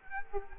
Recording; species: mosquito wingbeat signal from an infrared sensor; Culex quinquefasciatus